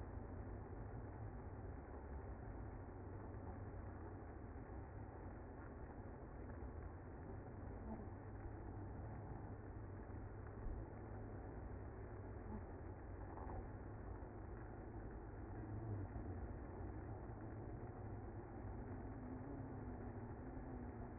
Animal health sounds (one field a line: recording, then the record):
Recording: honeybee colony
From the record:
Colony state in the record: active